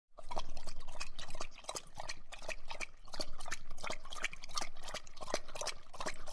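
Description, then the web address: Dog lapping water, quick repeated wet laps in bursts with brief pauses between runs. Drinking water. "perro bebiendo agua"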